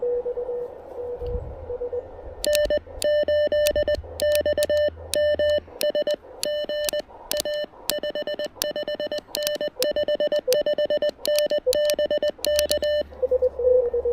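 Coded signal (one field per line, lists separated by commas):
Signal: Morse code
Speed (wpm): 20 wpm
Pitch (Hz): 1800 Hz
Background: none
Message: N8XMS GA 55N 55N BK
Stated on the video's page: Three-watt QRP POTA activation with an Elecraft KX1, wire end-fed antenna, and CW Morse SP4 paddles.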